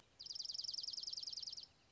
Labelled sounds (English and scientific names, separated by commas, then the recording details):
Dark-eyed Junco (Junco hyemalis)
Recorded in Sonoma County, California